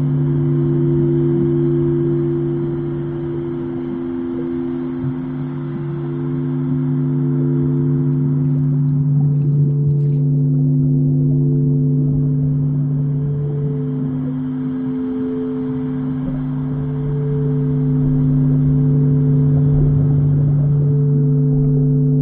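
Singing bowls hum in long sustained low tones, several pitches layered and ringing steadily for the whole stretch. Beneath them runs a soft rushing wash that swells and dips, quieter around the middle and fuller again toward the end.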